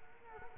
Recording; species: mosquito wingbeat signal from an infrared sensor; Culex quinquefasciatus